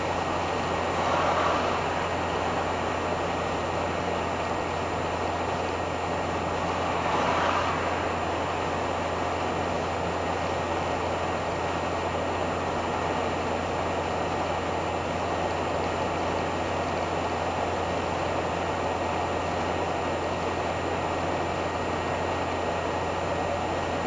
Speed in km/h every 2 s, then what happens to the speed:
78, 78, 78, 78, 77, 78, 78, 78, 77, 78, 77, 78.
0-24 steady at about 78.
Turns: none.